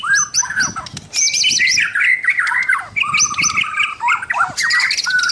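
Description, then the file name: White-rumped shama song: rich, fast phrases of clear whistles mixed with buzzy, slurred notes, rising and falling, with brief pauses between bursts. Local name murai batu; labelled mahkota. "suara-murai-batu-mahkota-v 2"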